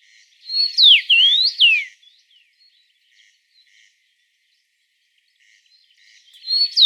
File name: Carpodacus Cassinii